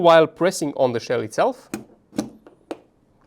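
Someone talks while one SSR4 gearbox shell half is pressed by hand onto the other shell half. A few short taps follow, then a sharp click at 2.7 s. The halves are still not fully closed because the trigger safety sticks out.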